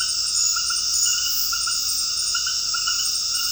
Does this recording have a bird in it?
no